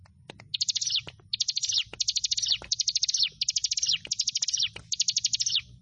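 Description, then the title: Bar-winged prinia song of short, evenly paced trilled phrases, several in a row, each a fast string of high notes sliding down at the end. "Ciblek Sawah 1"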